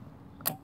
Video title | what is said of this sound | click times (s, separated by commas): Check Engine Light On? DO THIS FIRST! | tighten it all the way until you hear a click you hear | 0.5 s